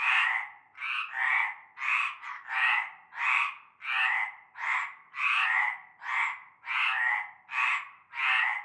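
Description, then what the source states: Frogs in chorus, rough grating croaks repeated in quick pulses, sometimes doubled, several animals calling together. Frog chorus starting at nightfall in a large concrete basin with stagnant greenish water, Avenue Cante Coucou, Groupède, La Ciotat, Bouches-du-Rhône, France.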